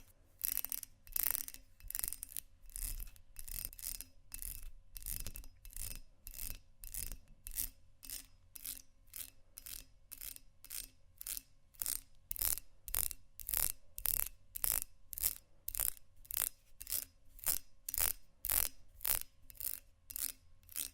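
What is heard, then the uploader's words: Textured glass is scratched in quick, regular strokes, each a bright rasping burst, about two per second across the whole clip. The rhythm stays steady with brief gaps between strokes, and a faint low hum sits underneath throughout. ASMR Textured Glass Scratching & Tapping（No Talking）.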